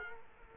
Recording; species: mosquito wingbeat signal from an infrared sensor; Culex quinquefasciatus